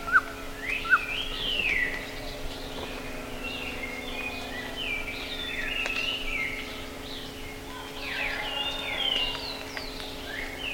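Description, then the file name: Bird calls: two sharp chirps at the start, followed by an ongoing chorus of many birds with slurred whistles and a faint steady hum. "SABIOD 50 bird 2015"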